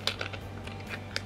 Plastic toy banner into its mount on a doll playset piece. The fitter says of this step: put it here until you hear the click sound okay